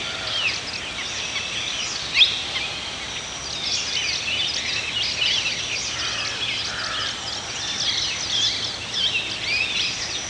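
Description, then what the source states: Birds singing in a chorus of high, quick chirps and twittering whistles, layered and continuous over a steady background hiss. Several birds singing in a forest.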